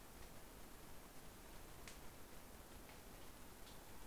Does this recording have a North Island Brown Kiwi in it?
no